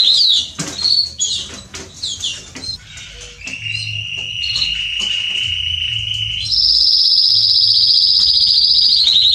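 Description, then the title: Belgian canary song beginning with scattered chirps, then a long low steady trill followed by a higher rolling trill to the end. Male Belgian canary singing at length, recording intended for training and warming up young canaries. "Canary Training Esquente Seu Filhote E Canario Belga Macho Cantando Muito CANTO DO CANRIO"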